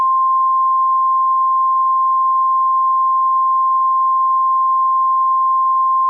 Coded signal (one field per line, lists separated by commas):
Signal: Emergency Alert System (SAME) tones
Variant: 1050 Hz attention tone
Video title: (READ DESC) [EAS Scenario] The Trollge (Analog and Digital Horror)